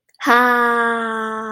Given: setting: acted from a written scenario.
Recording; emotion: vocal sound without words; ecstasy